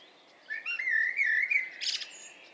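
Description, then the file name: Eurasian blackbird giving one smooth fluty warble that wavers up and down, then breaks into a brief high squeaky flourish at the end. "Turdus merula"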